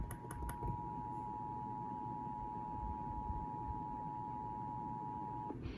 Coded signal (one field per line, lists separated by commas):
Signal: Emergency Alert System (SAME) tones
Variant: 853 and 960 Hz attention tone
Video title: TIME FOR A MONTHLY! Riverside/San Bernardino County Monthly Test on 8/3/2022 (EAS #181)